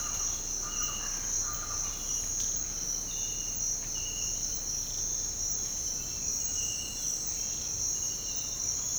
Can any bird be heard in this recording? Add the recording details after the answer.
no. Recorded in secondary vegetation near Puerto Asís, Putumayo, Colombia, on 13 March 2025 at 07:00. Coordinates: 0.502, -76.326. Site G100